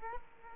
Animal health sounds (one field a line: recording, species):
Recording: mosquito wingbeat signal from an infrared sensor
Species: Culex quinquefasciatus